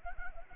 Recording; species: mosquito wingbeat signal from an infrared sensor; Anopheles arabiensis